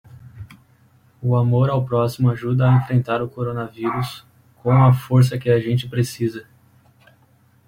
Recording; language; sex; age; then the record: spoken sentence; Brazilian Portuguese; male; 20 to 29 years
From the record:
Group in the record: control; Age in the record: 23 years